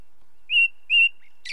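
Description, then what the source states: Ring ouzel singing two strong, even piping whistles with a short pause between, followed by a brief harsher sound. Song; British Isles.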